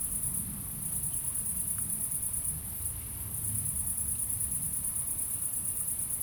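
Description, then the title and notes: Cricket chorus: a high, even trill with a short dip near the middle, and a muffled low rumble below. Crickets at night in Aveize, France, with cars in the distance; recorded with a DPA-2006c AB pair into an SD MixPre-3. "69610 Aveize, France - Grillons - Crickets. Grillons la nuit, quelques voitures dans le lointain. Crickets at night, cars in the distance"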